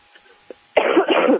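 One loud, harsh adult cough burst, lasting just over half a second after a brief quiet stretch, from a man who has had the flu.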